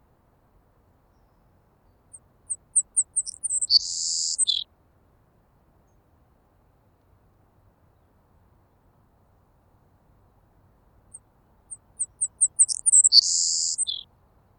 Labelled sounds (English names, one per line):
Savannah Sparrow song